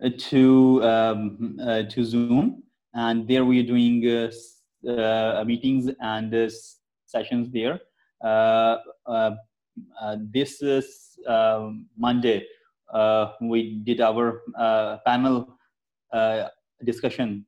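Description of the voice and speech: An adult man with a lasting stammer, who uses fluency techniques, speaks with a repeated opening word, stretched sounds and long pauses, showing mild signs of stuttering.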